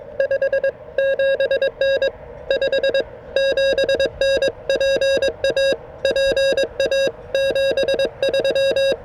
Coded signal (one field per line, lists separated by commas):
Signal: Morse code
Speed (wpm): 21 wpm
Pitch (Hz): 560 Hz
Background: none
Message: 5 7N 5 7N PA PA 73